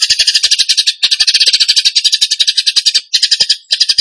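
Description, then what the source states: Bird chatter: dense, buzzy stream of fast overlapping notes across a broad high range, almost continuous with a few brief breaks. Masteran training recording for songbirds, tembakan gacor song style.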